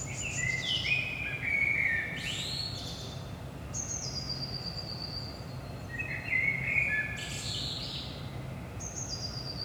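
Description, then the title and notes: Common blackbird song: repeated whistled phrases with thin high squeaks, separated by short pauses, over a constant low rumble. Recorded in Saint-Gilles, Belgium, at 5 am in the early morning; DPA 4060 microphones in AB position into a Zoom F3 recorder. "Saint-Gilles, Belgique - 5am Blackbird. Blackbird in the morning. Merle au petit matin"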